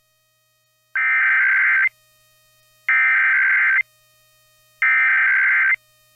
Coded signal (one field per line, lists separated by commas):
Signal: Emergency Alert System (SAME) tones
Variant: header bursts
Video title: EAS Required Monthly Test Arkansas and Iowa Statewide Tests +WeatherSTAR4000